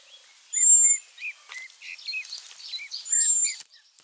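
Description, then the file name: European robin song: two high, thin whistles mixed with a busy stream of lower chirps and warbles. "Erithacus rubecula"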